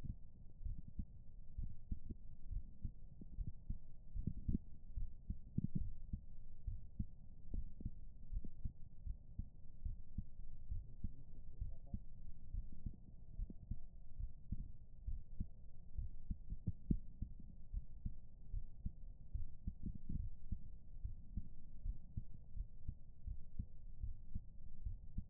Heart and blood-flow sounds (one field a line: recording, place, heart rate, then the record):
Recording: heart sounds by stethoscope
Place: pulmonary valve (PV)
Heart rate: 69 bpm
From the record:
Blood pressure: 139/81 mmHg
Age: 47 years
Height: 155 cm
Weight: 72 kg